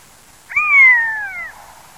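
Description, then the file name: Long-legged buzzard call: one drawn-out, plaintive mew that starts high and slides steadily downward for about a second, over quiet background. "Poiana codabianca"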